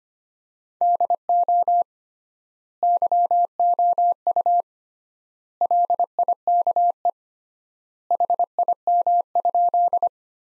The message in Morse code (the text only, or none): DO YOU LIKE HIM?